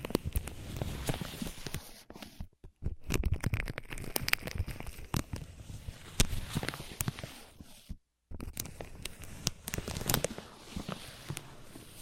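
Ear massage and cleaning sounds: dense, irregular rubbing and crackling with frequent sharp scratchy clicks spread across the clip. The texture shifts constantly in loudness, with brief full silences around 2.5 seconds and again near 8 seconds before the rubbing resumes.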